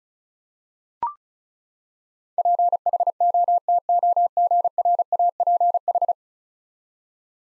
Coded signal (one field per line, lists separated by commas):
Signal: Morse code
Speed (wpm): 36 wpm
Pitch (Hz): 700 Hz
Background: none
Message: PHOTOGRAPH